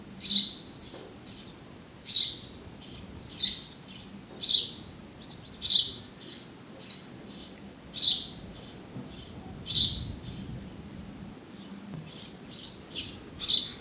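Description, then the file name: House sparrow giving a long series of repeated chirps, alternating higher and lower notes, pausing briefly near the end before resuming. "Passer domesticus"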